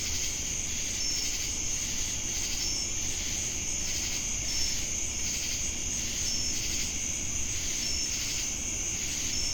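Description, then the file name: Crickets in a steady high continuous drone, with short bright chirps repeated at fairly regular intervals over a low background rumble. Jamestown, North Carolina, on August 10, 2018. "Crickets And Sacadas Jamestown NC"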